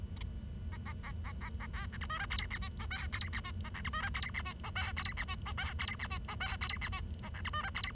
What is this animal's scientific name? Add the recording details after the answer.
Lonchura striata domestica. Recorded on 23 June 2012 at 10:01. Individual gr41rd51